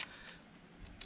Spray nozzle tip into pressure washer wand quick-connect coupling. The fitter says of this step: put in the gray tip check make sure it's locked into place